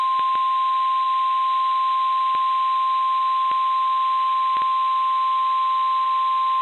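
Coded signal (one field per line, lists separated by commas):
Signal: Emergency Alert System (SAME) tones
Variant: 1050 Hz attention tone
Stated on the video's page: EAS alerts received via SDR in Poughkeepsie, New York.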